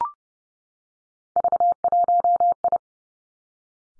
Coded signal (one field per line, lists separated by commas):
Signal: Morse code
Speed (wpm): 30 wpm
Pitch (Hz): 700 Hz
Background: none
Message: V1I